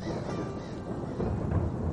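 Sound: crows cawing repeatedly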